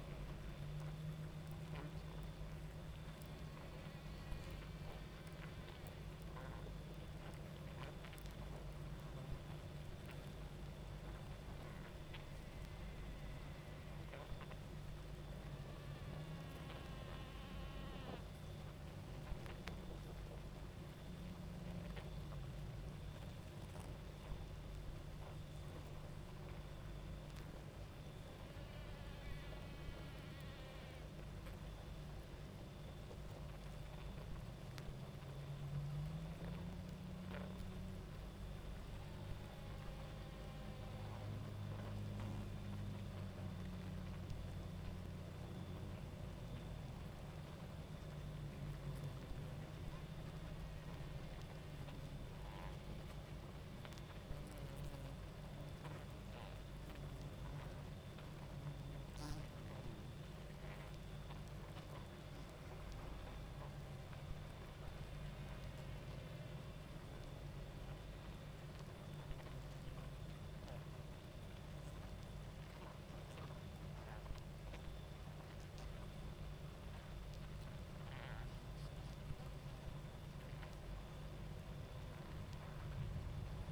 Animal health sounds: honeybee colony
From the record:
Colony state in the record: active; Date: 28 July 2017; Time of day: 23:06

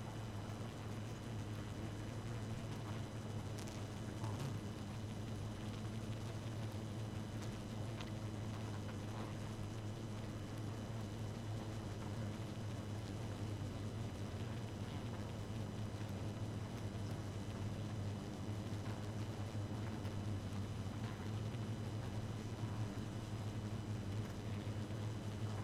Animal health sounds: honeybee colony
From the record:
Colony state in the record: active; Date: 12 June 2018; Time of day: 1:56

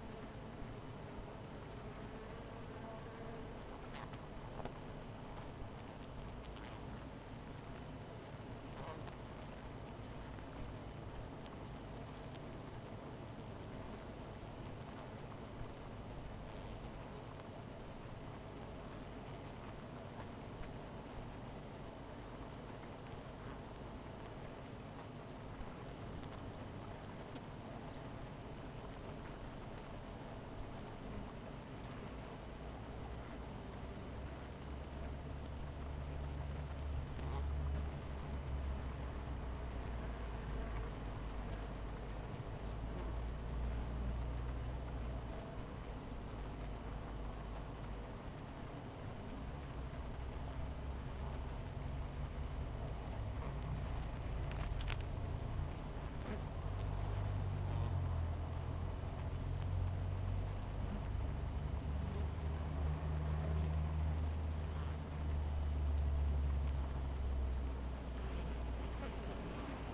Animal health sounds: honeybee colony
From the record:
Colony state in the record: missing queen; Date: 14 July 2017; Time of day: 17:30

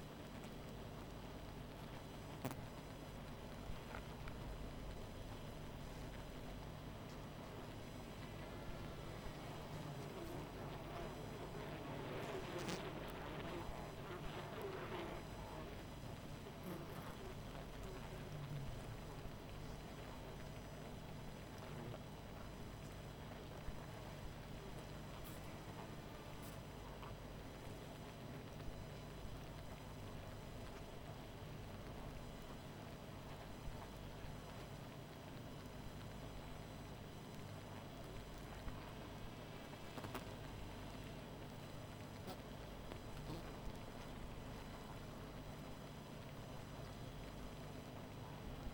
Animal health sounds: honeybee colony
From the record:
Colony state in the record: missing queen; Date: 14 July 2017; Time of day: 20:50

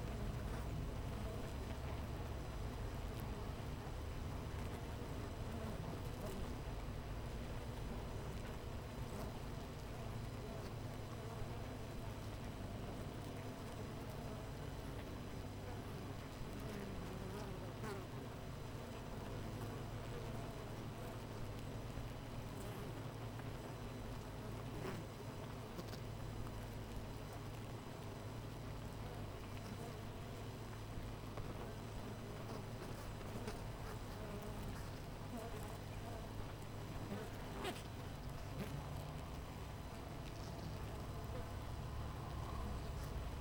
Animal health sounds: honeybee colony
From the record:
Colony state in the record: missing queen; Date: 14 July 2017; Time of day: 8:05

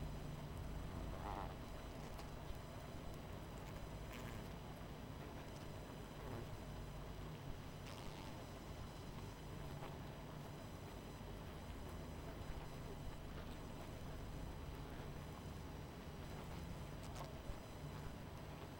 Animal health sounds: honeybee colony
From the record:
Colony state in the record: missing queen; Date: 14 July 2017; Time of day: 22:06

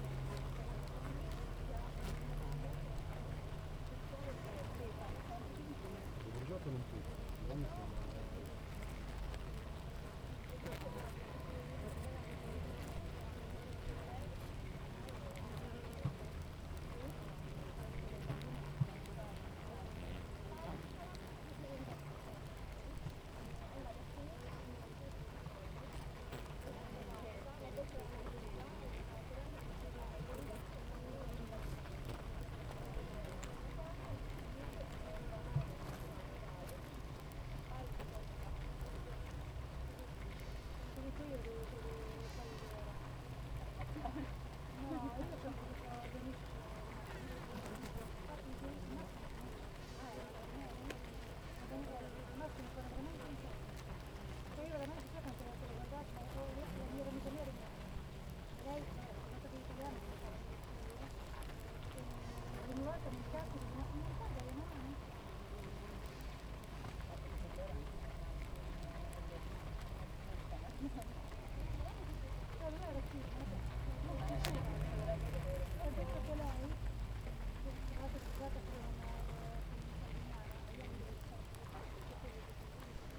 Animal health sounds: honeybee colony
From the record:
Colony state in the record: active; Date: 28 July 2017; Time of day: 7:33

